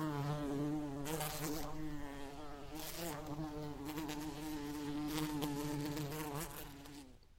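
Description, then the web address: Bee buzzing steadily in flight, a sustained harmonic hum with slight pitch wobbles, fading out at the very end. "el agradable sonido del vuelo de una abeja"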